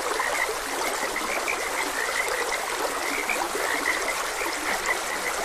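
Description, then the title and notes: A chorus of frogs gives rapid short croaks without pause, set against the steady hiss of a running stream. Frogs croaking beside a gentle stream. "Frogs Croaking. Sleep and Relaxation Podcast"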